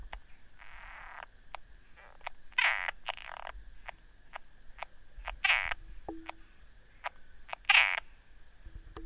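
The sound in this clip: Frog giving rasping croaks and brief clicks, a few louder buzzy bursts spaced irregularly, with a constant high-pitched hum behind.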